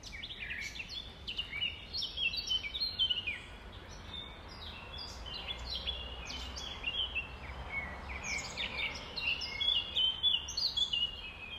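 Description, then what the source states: Nightingale song, a busy stream of chirps, trills and whistled notes over a steady background hiss. Recorded at dawn, around 05:33 on 5 May 2020.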